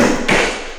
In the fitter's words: And those two clicks you hear are the magnets just sucking the TV back on the wall.